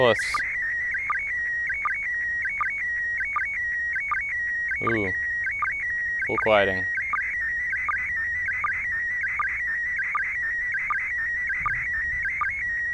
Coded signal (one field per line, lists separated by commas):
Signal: SSTV (slow-scan television)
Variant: PD 180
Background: speech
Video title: Sexism in space? - ISS SSTV Image of Pioneering Cosmonaut